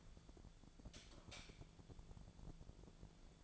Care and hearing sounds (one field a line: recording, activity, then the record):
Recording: daily activity, microphone in the room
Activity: light off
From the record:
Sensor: 5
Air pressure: 1000.1 hPa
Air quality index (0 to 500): 102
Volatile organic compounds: 1 ppm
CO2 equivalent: 828 ppm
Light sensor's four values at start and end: 239/571/244/270 and 238/565/242/268